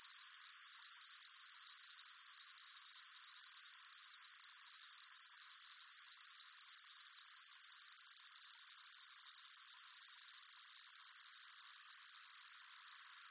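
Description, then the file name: Cicada buzz, an unbroken high-pitched pulsating drone that gradually smooths into an even hiss near the end. Close-up; pulsating, high-pitched buzz. "gain walkers CICADA Close Up Pulsating Buzz High Pitched"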